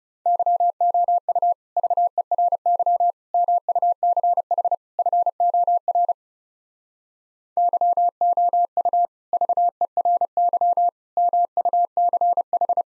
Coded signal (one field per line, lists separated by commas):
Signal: Morse code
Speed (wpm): 37 wpm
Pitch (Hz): 700 Hz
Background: none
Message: YOU VERY MUCH FOR YOU VERY MUCH